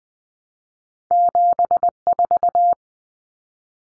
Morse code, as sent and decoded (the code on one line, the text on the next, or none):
--... ....-
74